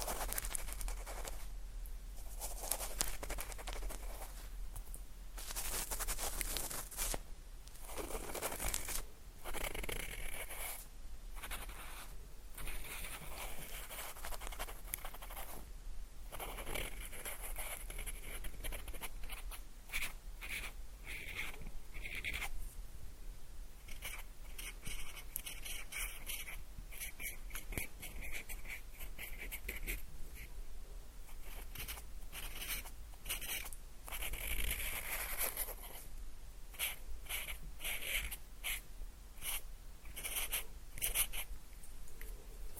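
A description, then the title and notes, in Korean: Mouth sounds and pin-mic fiddling pile up in a dense, unbroken stream of crackly scratches, wet clicks and rubbing. The level stays steady throughout, with brighter hissing swipes near 7, 16 and 34 seconds over a constant low hum. 입소리폭탄 핀마이크 괴롭히기.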